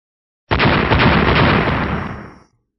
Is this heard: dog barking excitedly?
no